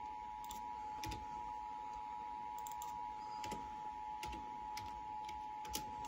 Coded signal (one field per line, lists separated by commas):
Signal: Emergency Alert System (SAME) tones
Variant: 853 and 960 Hz attention tone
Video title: EAS 1176 - FL Blue Alert!!